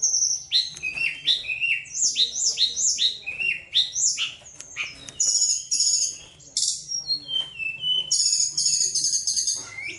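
Bird pouring out a fast, varied song of high whistled slurs, rising and falling sweeps and bright trills, almost continuous throughout.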